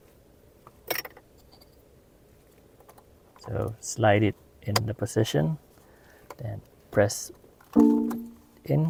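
A replacement black plastic engine start/stop button cap with a red outline is slid into position on its base in the dashboard of a BMW i8 and pressed in. It gives sharp clicks at 0.9 and 1.0 s as it locks in place, and afterwards someone talks.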